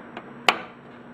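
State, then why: Seated. An ARX expansion board is pressed down firmly into the expansion slot of a Fantom G synthesizer, with a faint tick at 0.2 s. The second plastic retaining clip snaps into place with a sharp, bright click at 0.5 s, locking the first board fully seated.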